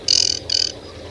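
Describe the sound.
Bird giving two short, high tonal notes with layered overtones.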